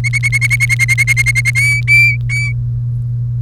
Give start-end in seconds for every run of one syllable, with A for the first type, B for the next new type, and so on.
0.04-1.50 A, 1.55-2.52 B